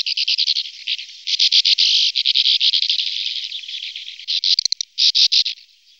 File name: břehule-říční